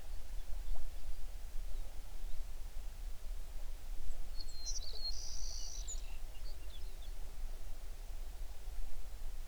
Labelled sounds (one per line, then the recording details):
songbird
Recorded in the Prudhoe Bay oil fields, Alaska, on 11 June 2019 at 05:38
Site 21